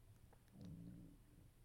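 A quiet, low-pitched gurgling rumble swells and fades over about half a second. This is stomach growling (borborygmi) from an adult's empty, hungry stomach, a normal bowel sound.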